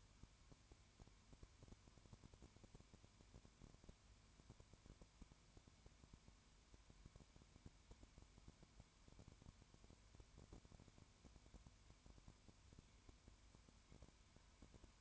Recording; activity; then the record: daily activity, microphone in the room; no activity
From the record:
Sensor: 2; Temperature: 20.0 degrees Celsius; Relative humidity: 32.0%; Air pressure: 1001.1 hPa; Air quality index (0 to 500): 55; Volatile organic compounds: 1 ppm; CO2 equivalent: 604 ppm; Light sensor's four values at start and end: 2/3/2/2 and 2/3/2/2